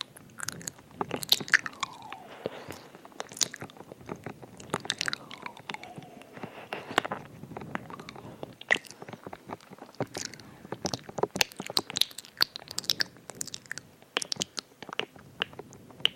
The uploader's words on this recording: ASMR EAR EATING [tingly mouth sounds].